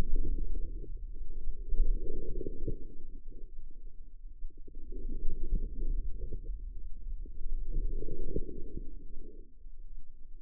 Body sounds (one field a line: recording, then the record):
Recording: forearm muscle sounds (acoustic myography)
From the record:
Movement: inward rotation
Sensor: system 2, bracelet of six BSWA MPA416 microphones around the upper forearm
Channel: 6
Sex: female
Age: 25 years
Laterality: right